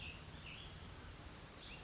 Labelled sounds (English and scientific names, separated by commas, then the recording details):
Cassin's Vireo (Vireo cassinii)
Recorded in Sonoma County, California